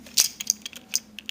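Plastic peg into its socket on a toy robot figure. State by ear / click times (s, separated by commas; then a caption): not seated / none. A plastic peg on a transforming toy robot figure, an Animated Deluxe Class Oil Slick, is pushed into its socket while the skull piece is set to the side. Short plastic knocks and taps are heard, the sharpest at 0.2 s and 0.5 s, with a faint steady hum underneath. Nothing has seated or clicked yet: the peg is meant to lodge there but does not really hold and does not clip.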